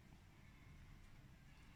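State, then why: Not seated. A steel internal part is being pushed into the frame of a 1908 Dreyse M1907 pistol during reassembly and turned left and right because it is not fully seated. Only low rumbling handling noise with faint scraping is heard, with no sharp hits. Nothing has seated yet.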